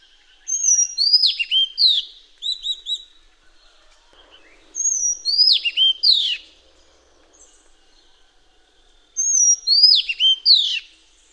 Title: suara burung kacer madagaskar